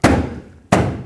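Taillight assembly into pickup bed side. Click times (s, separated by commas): 0.1 s, 0.7 s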